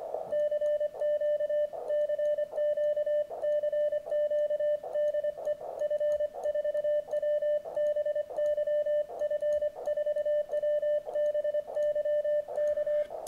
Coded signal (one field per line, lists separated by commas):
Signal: Morse code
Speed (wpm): 25 wpm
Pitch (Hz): 600 Hz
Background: radio noise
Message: CQ CQ CQ DE F4WBY F4WBY K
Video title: Begali Traveler's Light Morse Key Review.